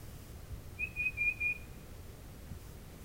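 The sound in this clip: Tufted titmouse whistling four clear notes in a short rapid series, then quiet hiss.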